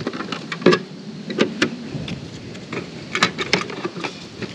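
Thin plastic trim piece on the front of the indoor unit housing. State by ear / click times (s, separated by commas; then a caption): not seated / none. A thin plastic trim piece is pressed into place on the front of an indoor unit housing, producing a series of short, sharp plastic taps and rattles over a low steady hiss, with the loudest tap near the end. Nothing has clicked or seated: the piece fails to lock in and comes right back out.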